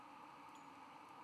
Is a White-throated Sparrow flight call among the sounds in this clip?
no